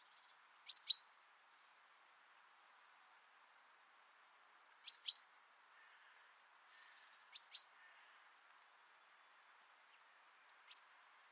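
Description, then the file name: Great tit calls: a thin high note then two sharp chirps, repeated in bursts every few seconds against a quiet background. "Parus major"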